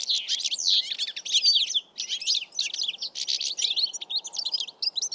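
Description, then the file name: European goldfinch with a rapid, jangling twitter of high chirps and trills, delivered in dense bursts separated by tiny gaps, over a soft steady hiss. "Carduelis carduelis"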